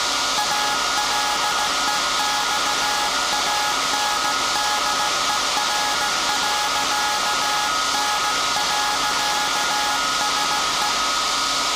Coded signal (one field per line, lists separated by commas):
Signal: Morse code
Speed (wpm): 16 wpm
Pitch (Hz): 840 Hz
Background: none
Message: ALEXANDER.N.SE